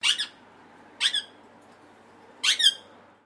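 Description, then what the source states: Rose-ringed parakeet giving three short, harsh, high chirps, each a quick double note, spaced one to one and a half seconds apart over a faint steady background hiss. Indian ringneck parrot; a chirp sequence.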